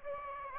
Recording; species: mosquito wingbeat signal from an infrared sensor; Aedes aegypti